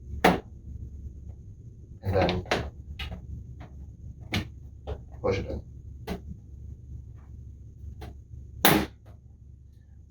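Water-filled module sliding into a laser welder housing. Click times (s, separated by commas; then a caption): 8.6 s. A water-filled reservoir module is slid into a laser welder housing and pushed in until it locks, with scattered knocks and handling sounds along the way while someone talks. A sharp, loud click at 8.7 s marks the module seating into place.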